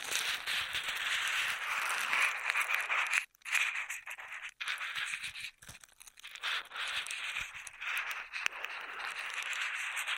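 Straw sounds fill the clip: dense, crinkly crackling and rattling that runs almost continuously, bright and papery with little low end. Brief near-silent gaps break it around three and five seconds, and the texture swells and thins unevenly throughout.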